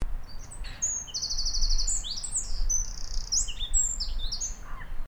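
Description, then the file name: Eurasian wren song: a fast, loud stream of high trills and sharp notes running almost without a break, over a low rumbling background. "Troglodytes troglodytes"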